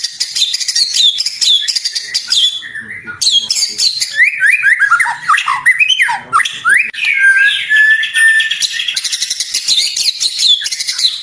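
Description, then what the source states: White-rumped shama singing a dense, varied sequence of high chattering trills, descending whistled notes and scratchy phrases with hardly a pause. Master song used for training songbirds.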